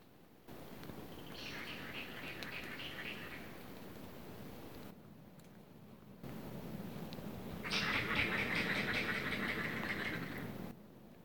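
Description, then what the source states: Pine warbler trill: a steady, musical run of rapid even notes, heard twice over a rushing background noise. Calling in the foreground in Walton County, Georgia, USA, recorded 13 May 2020.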